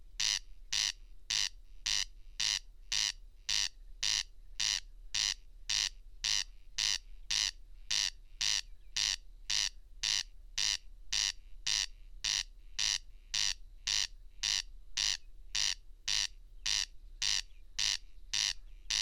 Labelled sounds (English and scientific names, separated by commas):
Corn Crake (Crex crex) song